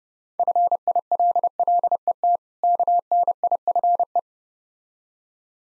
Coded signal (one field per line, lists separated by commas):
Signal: Morse code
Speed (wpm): 29 wpm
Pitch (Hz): 700 Hz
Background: none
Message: FILLET KNIFE